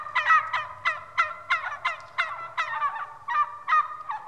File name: Digiffects Sound Effects Library - Wild Turkey